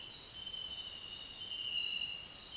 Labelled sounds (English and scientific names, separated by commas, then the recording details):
none
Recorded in dense forest near Puerto Asís, Putumayo, Colombia, on 22 June 2025 at 18:00
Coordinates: 0.466, -76.327
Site GP04